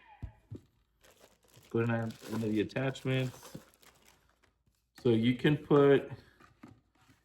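A plastic nozzle attachment is handled at the outlet of a lightweight 21V cordless handheld leaf blower, ready to be twisted to lock, while someone talks over faint handling noises. Nothing has seated or clicked yet.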